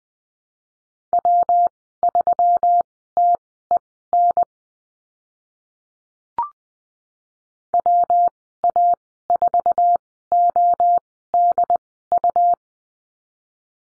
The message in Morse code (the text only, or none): W3TEN WA4ODU